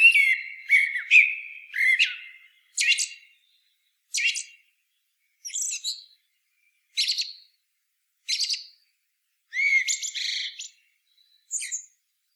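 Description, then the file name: Eurasian blackbird giving a series of short, sharp notes, the first few lower and whistled, the later ones thin and high. "Turdus merula"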